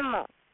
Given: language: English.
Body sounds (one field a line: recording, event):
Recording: throat vibration sensor signal played as sound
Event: speech